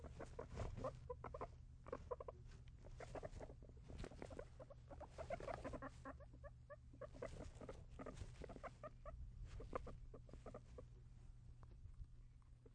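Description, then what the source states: Guinea pig squeaks scattered among busy rustling and shuffling movement, short bright chirps in bursts, with a low hum throughout. Guinea pig squeaks in a cage, with movement.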